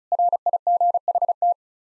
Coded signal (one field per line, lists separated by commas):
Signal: Morse code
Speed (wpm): 34 wpm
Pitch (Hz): 700 Hz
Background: none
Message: RIGHT